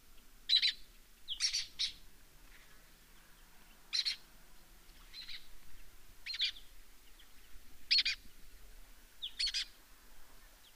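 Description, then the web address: Lesser kestrel giving a series of rasping, clipped call notes over faint low background noise. "Lesser kestrel. صدای پرنده دلیجه کوچک"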